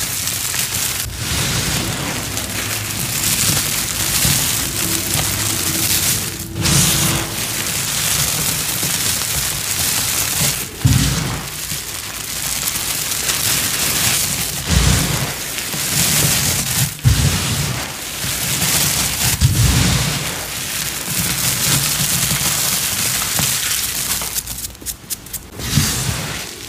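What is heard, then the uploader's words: Dense crunching and sifting of gym chalk and cornstarch, a steady gritty hiss broken by brief pauses and firmer squeezes throughout. ASMR gym chalk and cornstarch crushing, powder play, pouring, mixing, and reforming soothing sounds.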